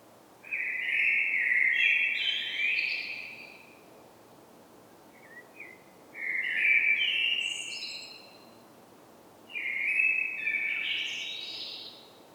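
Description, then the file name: Common blackbird song in three loud phrases, each a low fluted warble ending in thin high-pitched twittering, with pauses between. "Turdus merula"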